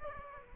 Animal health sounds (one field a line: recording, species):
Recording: mosquito wingbeat signal from an infrared sensor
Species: Aedes aegypti